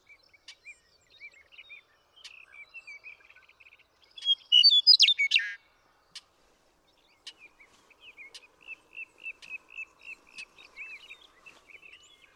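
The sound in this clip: One Western meadowlark phrase, fluty and bubbling with a dropping end, sits between stretches of faint, evenly repeated chirps.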